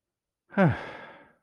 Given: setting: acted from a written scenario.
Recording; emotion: vocal sound without words; serenity